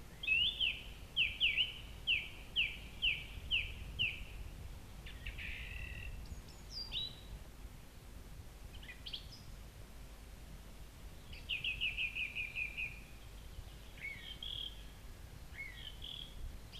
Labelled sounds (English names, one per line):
Song Thrush song